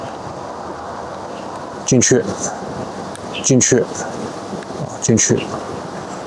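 A small accessory part of an HM 1/72 diecast US Air Force F-35A Aggressor squadron model is pushed by hand into its slot in the airframe while someone talks over a steady background hiss. Nothing has seated or clicked yet; the part is not yet home.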